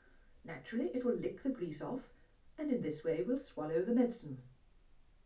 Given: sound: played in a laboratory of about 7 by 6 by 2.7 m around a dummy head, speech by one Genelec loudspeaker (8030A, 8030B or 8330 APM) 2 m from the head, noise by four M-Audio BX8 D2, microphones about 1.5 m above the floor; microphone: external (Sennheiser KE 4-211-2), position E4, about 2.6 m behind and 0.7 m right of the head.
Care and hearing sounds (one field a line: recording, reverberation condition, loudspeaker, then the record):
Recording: female speech in English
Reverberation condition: low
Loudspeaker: 90 degrees to the left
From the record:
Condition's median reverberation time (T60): about 310 ms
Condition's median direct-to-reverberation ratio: about 3.5 dB